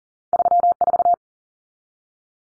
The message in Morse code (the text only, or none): 34